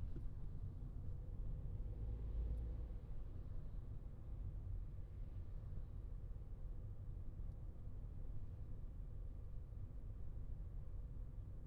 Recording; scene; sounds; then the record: everyday scene through a hearing-aid microphone; in a vehicle; engine, traffic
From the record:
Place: Skoda Fabia, gasoline engine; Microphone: in the ear canal, left